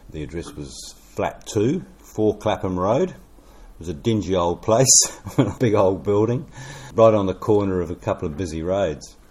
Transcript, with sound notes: The address was Flat 2, 4 Clapham Road; it was a dingy old place… [chuckle] big old building, right on the corner of a couple of busy roads.